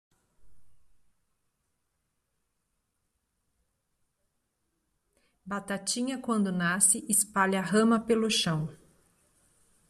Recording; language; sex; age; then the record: short text; Brazilian Portuguese; female; 40 to 49 years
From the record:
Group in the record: control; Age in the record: 44 years